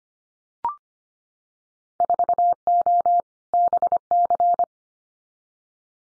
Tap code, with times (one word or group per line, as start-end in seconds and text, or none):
none